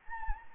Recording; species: mosquito wingbeat signal from an infrared sensor; Anopheles gambiae